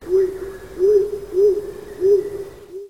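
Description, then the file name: Stock dove cooing: five low, hollow, arched coos in steady succession over a quiet background. "Columba oenas"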